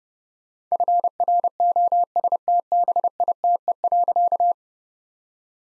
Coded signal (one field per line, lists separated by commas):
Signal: Morse code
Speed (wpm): 30 wpm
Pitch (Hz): 700 Hz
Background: none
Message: FROSTBITE.